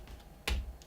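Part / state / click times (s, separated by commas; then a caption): plastic shoulder joint part into the figure's arm assembly / seated / 0.5 s. A plastic shoulder joint part is pressed into the arm assembly of a Bandai 1/12 scale Death Trooper model kit figure. After faint handling noise, it snaps home with one sharp plastic click at 0.5 s, and a soft tick follows at 0.8 s. The joint is seated.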